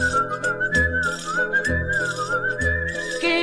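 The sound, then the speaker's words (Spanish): A sustained high whistle of Silbo Gomero, the whistled language of the island of La Gomera, glides and wavers in pitch like whistled speech, continuing steadily over a music backing with rhythmic low bass pulses, no voices. “La isla de La Gomera tiene un secreto consigo, es la única en el mundo que habla con el silbido.”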